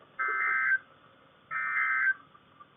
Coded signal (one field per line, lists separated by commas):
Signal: Emergency Alert System (SAME) tones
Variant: end-of-message bursts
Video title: EAS Alerts from 9/22/21 - EAS 339-345